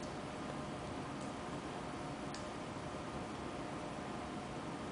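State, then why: Not seated. A suction port attachment with a hole for a flexible suction catheter is lined up with a notch and fitted onto a rigid bronchoscope. Only steady broadband hiss and faint tick-like sounds are heard. The part has not clicked or seated yet.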